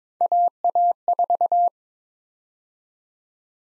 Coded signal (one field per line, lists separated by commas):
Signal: Morse code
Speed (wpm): 22 wpm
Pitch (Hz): 700 Hz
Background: none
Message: AA4